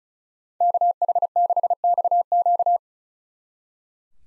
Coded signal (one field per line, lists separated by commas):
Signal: Morse code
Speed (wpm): 45 wpm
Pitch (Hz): 700 Hz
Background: none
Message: KH6XQ